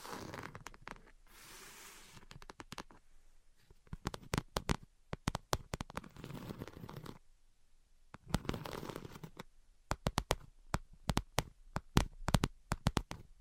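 Invisible tapping and scratching: quick clusters of sharp taps come in bursts, separated by short quiet gaps. Between them, hissy scratching passes around 1–2 seconds, 5–7 seconds and 8–9 seconds, and the taps grow sparser and louder toward the end.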